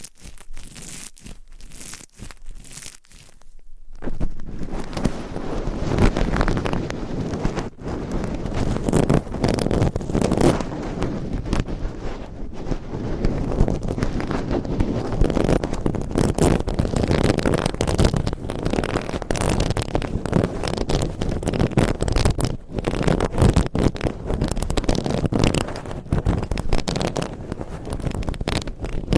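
Scratching on a microphone, layered into a dense, rough scraping that runs almost without pause. The first few seconds are sparse, with separate sharp scrapes and short gaps, then from about four seconds the sound thickens into a steady, crackling rasp with many quick strokes.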